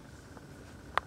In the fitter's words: and pop it on